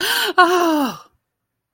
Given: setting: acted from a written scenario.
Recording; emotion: vocal sound without words; negative surprise